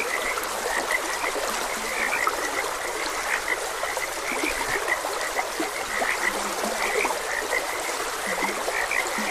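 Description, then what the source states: Frogs give rapid, repeated bright croaks and occasional deeper low croaks, all layered over a steady trickling stream. Frogs croaking beside a gentle stream.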